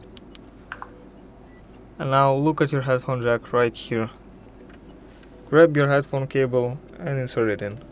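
A 3.5 mm metal headphone plug is handled and brought to the headphone jack of a ZTE Blade A36 smartphone, with a few faint sharp ticks near the start while someone talks. Nothing has seated or clicked yet.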